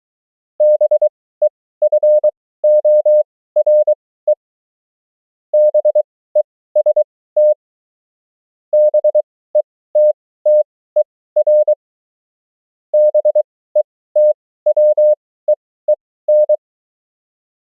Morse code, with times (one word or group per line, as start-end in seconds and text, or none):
0.6-4.3 BEFORE
5.5-7.5 BEST
8.7-11.7 BETTER
12.9-16.6 BETWEEN